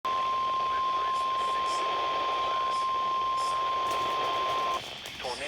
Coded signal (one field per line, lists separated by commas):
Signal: Emergency Alert System (SAME) tones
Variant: 1050 Hz attention tone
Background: speech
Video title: EAS 125 - Tornado Watch Expansion for Orangeburg County, SC and a few ads +Incomplete Flood Advisory